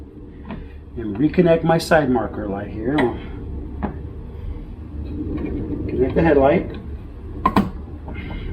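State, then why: Seated. A wiring connector is pushed into the headlight or side marker light socket while someone talks. At 7.5 seconds a sharp click is heard as the connector latches and seats.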